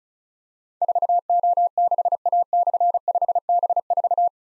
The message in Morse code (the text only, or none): 4O6A/5B4